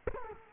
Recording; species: mosquito wingbeat signal from an infrared sensor; Culex quinquefasciatus